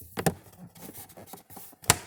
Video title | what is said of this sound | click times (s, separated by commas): Cabin air filter replacement 2018 Toyota Highlander install | fingers here snap into place | 1.9 s